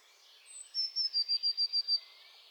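Eurasian blue tit calling, a short even run of about seven thin, high, clipped notes in quick succession over faint background hiss.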